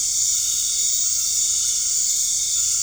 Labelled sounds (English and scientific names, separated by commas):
none